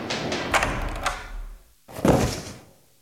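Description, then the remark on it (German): A few sharp knocks and shuffling, then a brief pause before a heavy, booming thud as something is slammed down hard onto a table. No one speaks. “Was haben Sie uns denn da auf den Tisch geknallt?”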